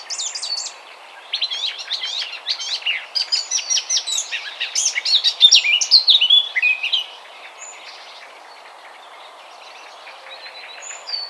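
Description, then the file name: Eurasian blackcap singing a hurried, scratchy warble for about seven seconds, rising to a richer, louder burst. Near-silence follows, with a faint note at the end. "Sylvia atricapilla"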